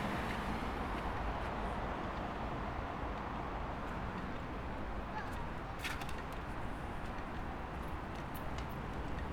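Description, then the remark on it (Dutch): A continuous, low-heavy roar of traffic rushing past on the A12 highway in the Netherlands, steady throughout with a brief brighter hiss midway as a vehicle swooshes by. “Het verkeer raast nog steeds voorbij.”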